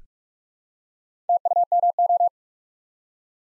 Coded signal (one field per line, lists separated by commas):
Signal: Morse code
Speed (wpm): 44 wpm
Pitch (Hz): 700 Hz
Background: none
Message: TUMO